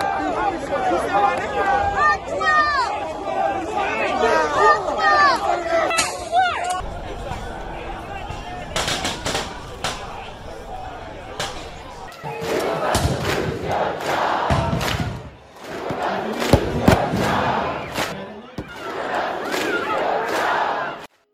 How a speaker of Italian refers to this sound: Le forze dell'ordine sono dovute ricorrere al lancio di gas lacrimogeni e ai proiettili di gomma per disperdere la folla inferocita che minacciosa aveva assediato il commissariato di polizia dei 4 agenti coinvolti.